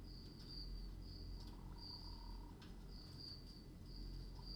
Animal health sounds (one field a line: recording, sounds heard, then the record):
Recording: poultry house recording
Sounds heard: sick chickens (respiratory disease)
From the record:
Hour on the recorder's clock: 21